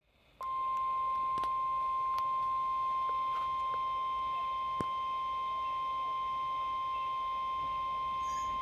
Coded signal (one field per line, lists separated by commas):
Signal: Emergency Alert System (SAME) tones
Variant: 1050 Hz attention tone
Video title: XLF322 Severe Thunderstorm Warning 2021-06-15 (EAS #21)